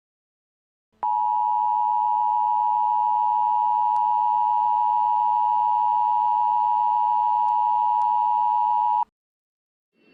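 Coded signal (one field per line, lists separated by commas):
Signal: Emergency Alert System (SAME) tones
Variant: 853 and 960 Hz attention tone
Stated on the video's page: Fictional EAS scenario, a Fourth of July special, not a real alert.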